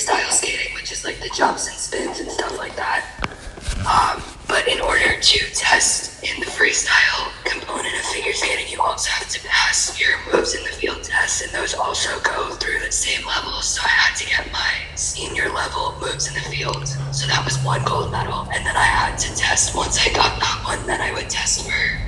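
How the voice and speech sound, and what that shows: Fluent speech from an adult woman in a rough, airy, half-whispered voice with little clear tone. Scar tissue surrounding her vocal cords keeps them from vibrating, left by many laser surgeries for a rare, chronic, incurable respiratory disease, up to 12 a year at one point.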